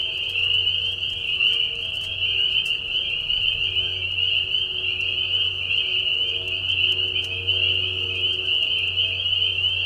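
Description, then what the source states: Spring peepers in full chorus, high overlapping peeps merging into a constant shrill band, with a faint low hum underneath. Spring peepers in a marsh at night during a short spring breeding season, giving mating calls as high whistles at low volume; Tiny Marsh Conservation Area, Tiny, Ontario.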